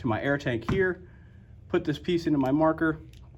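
A remote hose fitting is handled near a paintball marker's air inlet while someone talks, with the hose to be hooked to an air tank. Only speech is heard over quiet background. The fitting has not clicked or seated in the marker yet.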